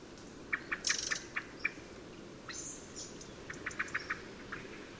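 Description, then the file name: Common blackbird calls: short runs of hard, clicking chinks, roughly four to six per run, over steady background hiss with a few high thin notes. "Turdus merula"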